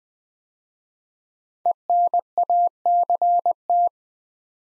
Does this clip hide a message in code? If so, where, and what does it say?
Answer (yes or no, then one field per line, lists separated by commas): yes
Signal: Morse code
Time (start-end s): 1.7-3.9 s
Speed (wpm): 20 wpm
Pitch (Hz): 700 Hz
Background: none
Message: ENACT